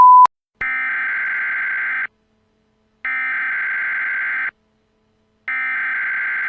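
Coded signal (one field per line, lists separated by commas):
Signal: Emergency Alert System (SAME) tones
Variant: header bursts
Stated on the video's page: Valid EAS tones in fictional, parody EAS scenario recreations.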